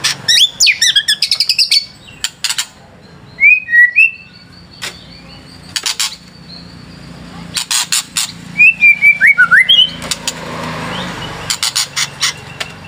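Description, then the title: White-rumped shama song: bursts of sharp clicking notes alternating with short, slurred, descending whistles, with bright chattering phrases at the start and near the end. Training recording for caged birds. "MURAI BATU LABAIK"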